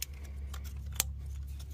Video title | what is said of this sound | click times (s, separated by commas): 2001, 2002, 2003 Gen 1 Prius injector replacement | you hear the click oh | 1.0 s